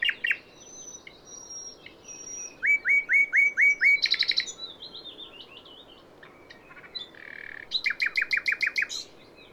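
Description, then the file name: Common nightingale song: pure drawn-out whistles, then a fast series of repeated rising notes, a rattling trill, and another rapid repeated phrase after a short pause. "Luscinia megarhynchos"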